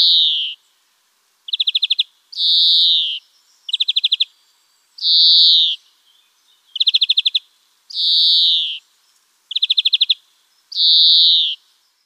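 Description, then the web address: European greenfinch song alternating short rattling trills with long nasal wheezing notes, each pair repeating every couple of seconds in a steady rhythm. "wer zitschert denn da gruenfink"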